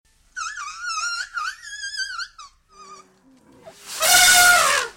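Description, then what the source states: Asian elephant squeaking in a run of high, wavering harmonic squeals for about two seconds, then a few softer notes and a loud, harsh trumpet blast. In Thailand.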